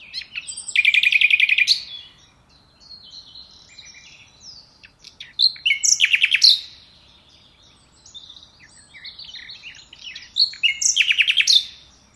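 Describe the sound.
Common nightingale song in three bursts, each with quiet high whistles and a loud fast series of repeated notes, with short gaps between phrases.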